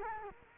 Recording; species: mosquito wingbeat signal from an infrared sensor; Culex quinquefasciatus